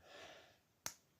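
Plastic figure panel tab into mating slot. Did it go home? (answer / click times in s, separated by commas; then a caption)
yes / 0.9 s. Interlocking tab-and-slot plastic panels on a Dr Wu Extreme Warfare DW-E54B Iron Fortress (Metrotitan) Transformers figure are pressed together, the tab going into its mating slot. A soft, brief rustle fades away, then one sharp, bright click sounds at 0.9 s. The tab seats in the slot.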